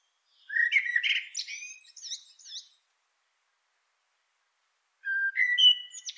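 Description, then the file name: Common blackbird: a fluty warbled phrase with a scratchy high twitter, silence, then a second short whistled phrase rising to thin notes. "Turdus merula"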